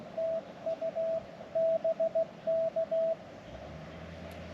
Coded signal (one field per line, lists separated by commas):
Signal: Morse code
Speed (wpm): 16 wpm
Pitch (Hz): 650 Hz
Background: radio noise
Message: TU BK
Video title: Bicycle + Morse Code + POTA = A Great Summer Evening!